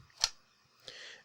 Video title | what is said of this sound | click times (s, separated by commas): LINUX COMPUTER BUILD! Ubuntu - i7-13700K - RTX 3060 - OBS - Blackmagic - WHOA! | And press down till it snaps. You probably heard that. | 0.2 s